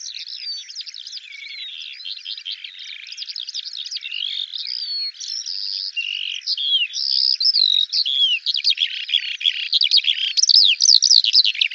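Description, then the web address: Eurasian skylark song, a continuous rapid high warble of slurred chirps and trills that grows louder and denser toward the end. "Deverinetal 2025 File cleaned normalized Bird Al Ar"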